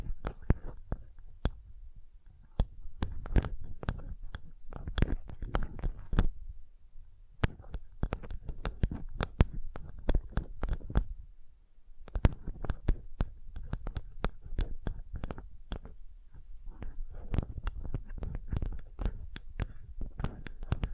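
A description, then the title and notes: Gentle tapping, with many quick, irregular taps and soft thumps that have a low, muffled body and an occasional brighter click. The taps come in dense bursts, thinning out briefly around seven and twelve seconds before picking up again. Sensitive Tapping.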